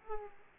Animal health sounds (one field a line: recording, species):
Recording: mosquito wingbeat signal from an infrared sensor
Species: Aedes aegypti